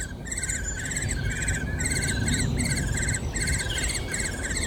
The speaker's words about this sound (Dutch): En Herman Russeler struinde samen met zijn broer, de net afgezwaaide, iconische Veluwe boswachter Henk Russeler, door de bossen van Berg en Bos bij Apeldoorn, toen zij vanuit een nestholte in een oude berk het geluid van jonge spechten hoorden.